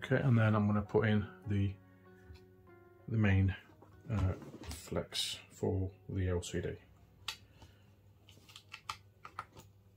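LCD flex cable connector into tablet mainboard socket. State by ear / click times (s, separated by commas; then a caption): seated / 8.9 s. The main LCD flex cable connector of a Samsung T575 Tab Active 3 tablet is pressed onto its mainboard socket during an LCD replacement, with someone talking over light music. A series of short sharp clicks follows, and the connector seats with a distinct click at 8.9 s.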